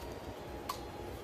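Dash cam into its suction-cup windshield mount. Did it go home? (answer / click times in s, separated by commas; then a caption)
yes / 0.7 s. A Vantrue N2 Pro dash cam body is slid along the groove of its windshield suction-cup mount, with a low steady background hum throughout. At 0.7 s a single short, sharp click rings out as the dash cam seats into the mount.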